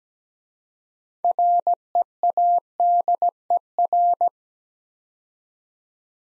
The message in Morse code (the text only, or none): READER